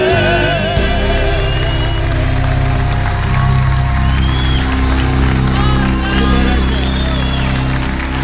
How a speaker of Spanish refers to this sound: Catamarca le canta al país, así es. Fuerte el aplauso para estos cantores. Bien fuerte, bien fuerte.